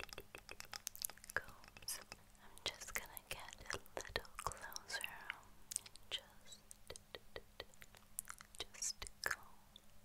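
Quiet whispering runs through the clip while dense, irregular wooden tapping and combing clicks keep up a crisp, rapid patter from start to finish. A faint low hum stays steady underneath.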